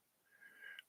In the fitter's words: and this just pops right in here like that